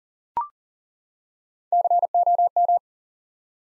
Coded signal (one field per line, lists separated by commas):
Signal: Morse code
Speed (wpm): 38 wpm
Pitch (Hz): 700 Hz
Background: none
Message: COM